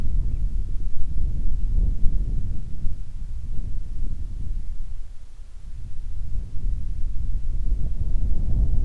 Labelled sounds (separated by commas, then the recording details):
wind
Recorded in the Prudhoe Bay oil fields, Alaska, on 25 July 2019 at 02:26
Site 11